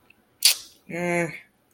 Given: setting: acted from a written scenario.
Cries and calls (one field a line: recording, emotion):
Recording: vocal sound without words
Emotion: neutral